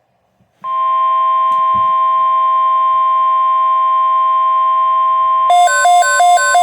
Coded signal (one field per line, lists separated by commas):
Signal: Emergency Alert System (SAME) tones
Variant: 1050 Hz attention tone